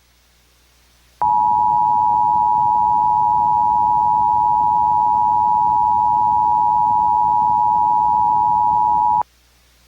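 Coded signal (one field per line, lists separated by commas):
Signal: Emergency Alert System (SAME) tones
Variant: 853 and 960 Hz attention tone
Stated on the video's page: Fake Flash Flood Warning made as an EAS mock.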